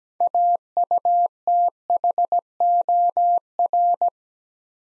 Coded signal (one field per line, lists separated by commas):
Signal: Morse code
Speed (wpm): 17 wpm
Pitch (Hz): 700 Hz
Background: none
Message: AUTHOR